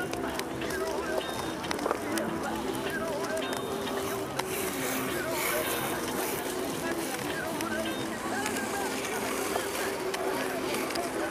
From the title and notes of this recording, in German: Diese Folge wurde auf der Tempelhofer Freiheit in Berlin aufgenommen. Hunderte Menschen gehen ihren Beschäftigungen nach. Vorbeiziehende spazierende Menschen geben kurze Gesprächsfetzen.